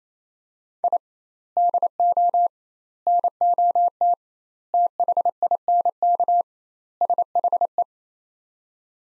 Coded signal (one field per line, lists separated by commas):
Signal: Morse code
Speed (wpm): 28 wpm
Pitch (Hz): 700 Hz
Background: none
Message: I DO NOT THINK SHE